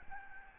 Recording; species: mosquito wingbeat signal from an infrared sensor; Aedes albopictus